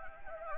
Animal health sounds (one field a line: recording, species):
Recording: mosquito wingbeat signal from an infrared sensor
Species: Anopheles gambiae